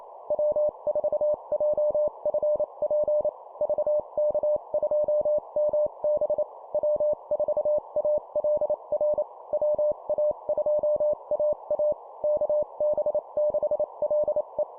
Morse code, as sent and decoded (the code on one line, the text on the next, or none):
.-- ....- .--- ..-. .--. / ...- -.- ..--- -- -... / .-- ....- .- .-.. .-. / .-- .- ..--- .- .- / -.- -... -.... .-.. .
W4JFP VK2MB W4ALR WA2AA KB6LE